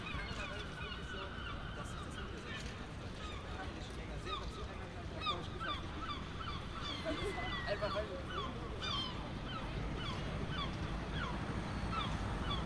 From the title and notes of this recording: General atmosphere, traffic, seagulls and pedestrians on Het Buitenhof in The Hague. Recorded March 4th 2014.